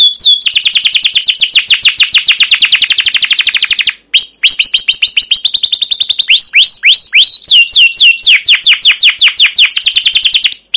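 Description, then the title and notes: Canary song delivering long rapid trills of sharp repeated notes, broken once by a brief pause, then resuming with swooping whistled sweeps and more fast rattles. Caged canary song used as a lure to train and tutor young canaries to sing long, vigorous songs. "CUIT CUIT NGEROL LANGSUNG GACOR PANJANG Kenari Ini AMPUH Utk Pancingan KENAR. PANCINGAN Kenari GACOR PANJANG Cuit CUIT EMOSI ini AMPUH utk MASTERAN Kenari PAUD belajar BUNYI. burung kenari"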